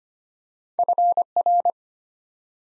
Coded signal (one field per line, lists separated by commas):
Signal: Morse code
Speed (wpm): 25 wpm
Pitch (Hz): 700 Hz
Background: none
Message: FR